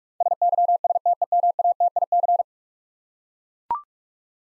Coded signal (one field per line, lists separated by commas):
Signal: Morse code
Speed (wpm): 43 wpm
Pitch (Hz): 700 Hz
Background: none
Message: SYSTEMATIC